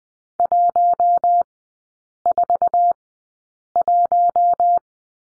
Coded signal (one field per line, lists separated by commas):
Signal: Morse code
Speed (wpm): 20 wpm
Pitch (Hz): 700 Hz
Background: none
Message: 141